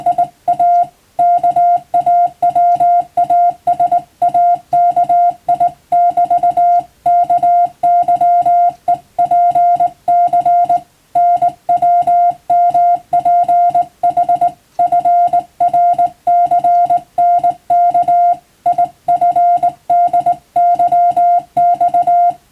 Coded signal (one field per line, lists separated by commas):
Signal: Morse code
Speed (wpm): 19 wpm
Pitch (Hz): 700 Hz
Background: music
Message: IA KAWASAKI<BT>KYEPC NWMPHFRCNKIFDYX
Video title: モールスの国家試験の練習風景！スマホの今でも電気通信術の実技試験があります！通信技術の原点！アマチュア無線の受信練習にもどうぞ(morse code practice radio operator )